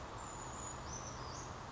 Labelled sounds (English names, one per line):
Brown Creeper